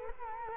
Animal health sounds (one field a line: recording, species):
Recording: mosquito wingbeat signal from an infrared sensor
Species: Culex quinquefasciatus